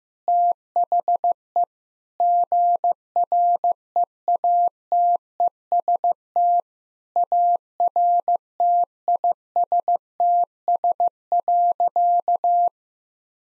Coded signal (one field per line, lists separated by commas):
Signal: Morse code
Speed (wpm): 15 wpm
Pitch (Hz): 700 Hz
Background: none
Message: THE GREATEST ARTISTS.